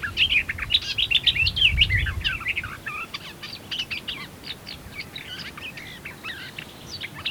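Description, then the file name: Eurasian blackcap song: a fast, rambling warble of scratchy and fluty notes, louder in the first half and then continuing as thinner, separate chirps, with a low rumble near two seconds. "Sylvia atricapilla"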